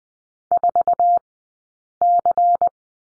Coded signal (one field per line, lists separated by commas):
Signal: Morse code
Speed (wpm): 20 wpm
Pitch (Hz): 700 Hz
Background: none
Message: 4C